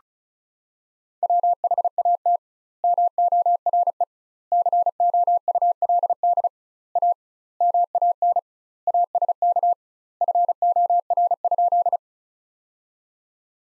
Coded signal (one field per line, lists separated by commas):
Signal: Morse code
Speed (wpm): 34 wpm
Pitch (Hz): 700 Hz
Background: none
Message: WHAT MORE COULD A MAN ASK FOR?